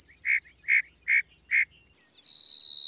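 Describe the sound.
Lark bunting song: four evenly spaced buzzy notes with thin high accents, then a long sustained whistle to finish.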